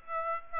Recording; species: mosquito wingbeat signal from an infrared sensor; Aedes aegypti